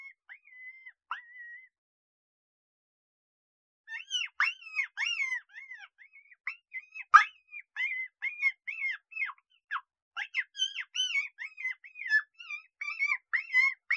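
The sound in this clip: Coyote pups with a lone thin whine, then a long busy stretch of overlapping yips, squeaks and short whines.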